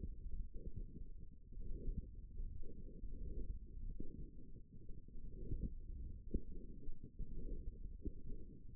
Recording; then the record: forearm muscle sounds (acoustic myography)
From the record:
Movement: hook grip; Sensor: system 1, eight BSWA MPA416 microphones around the upper forearm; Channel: 7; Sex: female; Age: 21 years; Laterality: right